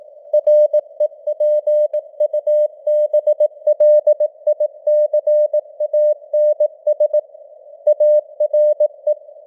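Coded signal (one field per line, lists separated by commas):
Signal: Morse code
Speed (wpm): 18 wpm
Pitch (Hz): 600 Hz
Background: none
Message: REPUBLICANS ARE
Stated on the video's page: Morse news headlines at 18 wpm with simulated radio noise and varying signal strength (QSB).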